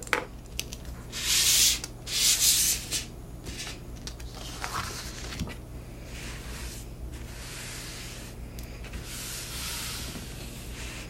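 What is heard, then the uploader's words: Paper rustles and crinkles in loud, hissy bursts, strongest in two swells near the start at about one and a half and two and a half seconds. Softer shuffling, scattered taps and clicks follow, over a low, steady hum throughout. Paper sounds, Typing, Stamping, Plastic crinkles.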